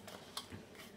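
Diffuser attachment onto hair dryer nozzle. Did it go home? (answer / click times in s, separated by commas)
yes / 0.4 s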